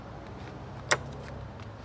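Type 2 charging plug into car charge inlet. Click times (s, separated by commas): 0.9 s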